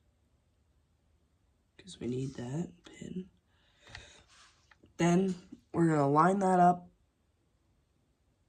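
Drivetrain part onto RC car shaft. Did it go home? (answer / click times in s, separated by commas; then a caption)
no / none. Someone talks while a drivetrain part with its pin is lined up on the shaft of a Traxxas 4-Tec RC car, with faint handling ticks around 4.0 s and 4.7 s between the speech. The part has not yet been pushed home, and nothing has clicked into place.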